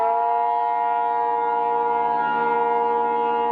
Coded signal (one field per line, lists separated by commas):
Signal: Emergency Alert System (SAME) tones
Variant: 853 and 960 Hz attention tone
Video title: EAS Scenario: "2nd Civil War" REMASTERED